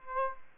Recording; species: mosquito wingbeat signal from an infrared sensor; Aedes aegypti